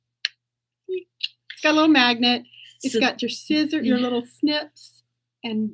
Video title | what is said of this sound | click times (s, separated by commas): This Is So NOT A Podcast Episode 6 | this is my favorite it's my favorite magnet listen you'll hear it click | 0.2 s